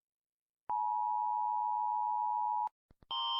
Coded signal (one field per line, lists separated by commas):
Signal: Emergency Alert System (SAME) tones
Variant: 853 and 960 Hz attention tone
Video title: Rating eas alarm part 1